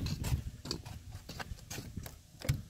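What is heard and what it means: The open side entry door of a Carry-On 6x12 CGR enclosed cargo trailer is handled and pushed back toward the trailer wall, where its metal hold-back catch sits. Short, sharp knocks and taps are heard at about 0.1, 0.7, 1.7, 2.1 and 2.5 s over a low rumble. The clip ends before the door goes home, so the catch has not clicked in or seated yet.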